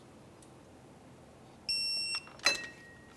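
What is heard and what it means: A new neutral safety switch is tightened into the transmission case of a 1994–2002 Dodge Ram 2500 with a torque wrench set to 25 foot-pounds. A steady high-pitched tone sounds from about 1.7 to 2.2 s, then the wrench gives a sharp click at 2.5 s. The switch is confirmed torqued.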